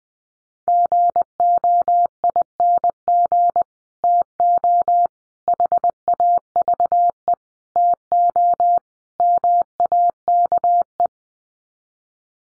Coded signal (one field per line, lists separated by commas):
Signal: Morse code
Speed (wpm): 20 wpm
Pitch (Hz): 700 Hz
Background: none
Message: GOING TO HAVE TO MAKE